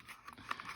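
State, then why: Not seated. A P365XL pistol with no light and no threaded barrel is pushed into a new, unadjusted Tier1 Kydex-style concealment holster, making soft rubbing and scraping sounds with a sharper contact at about 0.5 s. The pistol goes in, but no retention click is made. A click is expected only once the retention is tightened.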